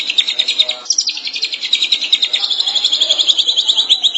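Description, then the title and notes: Shrike song: a brisk, high trill of rapid notes that keeps going to the end. "Pentet 201703. Suara burung pentet"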